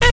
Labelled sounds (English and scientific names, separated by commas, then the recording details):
Zebra Finch (Taeniopygia guttata) stack call
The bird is a male
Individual mal1